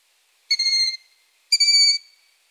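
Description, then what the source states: Long-eared owl young giving two drawn-out, high, squeaky wheezing calls about a second apart, each roughly half a second long; otherwise quiet. Young birds (chicks).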